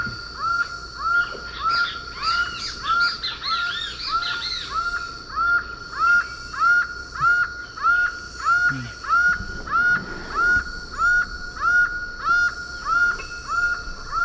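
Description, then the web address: Laughing falcon giving a rapid, regular run of ringing notes; other birds chirp and twitter high above it in the first few seconds. Song, recorded in the Eastern Lowlands of South America. "Natures Songs S America Eastern Lowlands Herpetotheres cachinnans, song"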